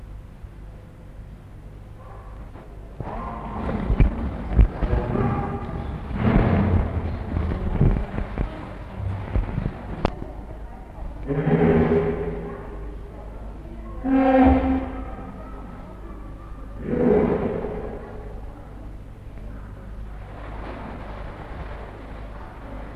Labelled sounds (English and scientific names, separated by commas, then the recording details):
Common Hippopotamus (Hippopotamus amphibius) call
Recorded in captivity
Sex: diverse
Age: diverse
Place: Zoo Berlin, Berlin, DE
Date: 1961-02-04 13:15
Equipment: Minifon, Kopie Smaragd
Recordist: Tembrock, Günter